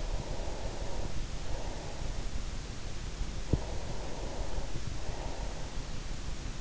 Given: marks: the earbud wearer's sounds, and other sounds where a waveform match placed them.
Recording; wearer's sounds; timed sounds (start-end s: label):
sounds in sleep by an in-ear microphone; breath
0.00-2.73 s: breath
3.38-6.23 s: breath